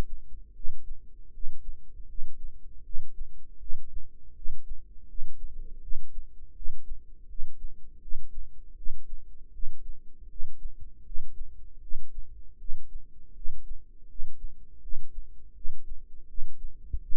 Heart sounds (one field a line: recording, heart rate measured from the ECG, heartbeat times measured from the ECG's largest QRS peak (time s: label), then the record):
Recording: heart sounds by microphone in the right ear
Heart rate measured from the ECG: 80 bpm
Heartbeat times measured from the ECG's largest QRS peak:
0.52 s: heartbeat
1.30 s: heartbeat
2.05 s: heartbeat
2.82 s: heartbeat
3.57 s: heartbeat
4.33 s: heartbeat
5.05 s: heartbeat
5.79 s: heartbeat
6.53 s: heartbeat
7.26 s: heartbeat
7.99 s: heartbeat
8.74 s: heartbeat
9.50 s: heartbeat
10.27 s: heartbeat
11.02 s: heartbeat
11.79 s: heartbeat
12.57 s: heartbeat
13.33 s: heartbeat
14.06 s: heartbeat
14.79 s: heartbeat
15.53 s: heartbeat
16.26 s: heartbeat
16.99 s: heartbeat
From the record:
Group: healthy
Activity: cold pressor test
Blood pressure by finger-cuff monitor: 116/70 mmHg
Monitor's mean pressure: 83 mmHg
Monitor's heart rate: 79 bpm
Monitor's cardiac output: 7.6 L/min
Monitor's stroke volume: 96 mL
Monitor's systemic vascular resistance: 810 dyn s/cm5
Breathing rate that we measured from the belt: 19 breaths a minute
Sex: male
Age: 35 years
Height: 180 cm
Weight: 86.9 kg